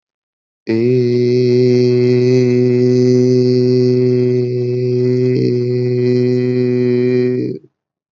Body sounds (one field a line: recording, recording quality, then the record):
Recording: sustained vowel as in made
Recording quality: excellent, no background noise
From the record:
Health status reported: healthy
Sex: male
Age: 26 years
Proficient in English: yes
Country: India